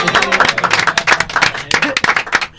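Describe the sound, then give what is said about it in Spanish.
A short burst of applause on a radio programme, welcoming back a returning listener: several pairs of hands clapping quickly and irregularly, loud and steady for a couple of seconds with no voices over it. “Recuperamos un oyente. Un aplauso.”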